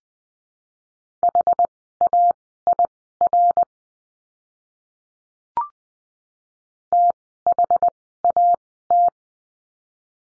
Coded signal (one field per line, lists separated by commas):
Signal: Morse code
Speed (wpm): 20 wpm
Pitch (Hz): 700 Hz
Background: none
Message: HAIR THAT